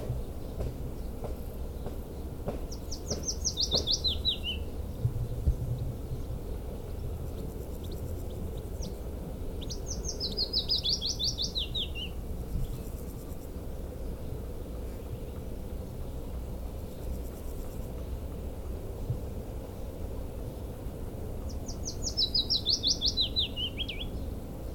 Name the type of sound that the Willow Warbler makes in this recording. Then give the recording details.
song. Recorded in the wild. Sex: male. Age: adult. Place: Tübingen, Baden-Württemberg, DE. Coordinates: 48.5164, 9.04222. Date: 1964-07-20. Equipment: Nagra III PH, Parabolspiegel, LGS26. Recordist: Schneider, Hans-Joachim